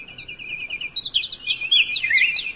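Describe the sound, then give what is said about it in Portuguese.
A dense chorus of small birds chirping and tweeting together, rapid overlapping high-pitched calls that grow busier and louder midway, with no talking. “E assim, pouco depois, voltava o pássaro azul, contente como ele só, trazendo um lindo trenó puxado por milhões de passarinhos.”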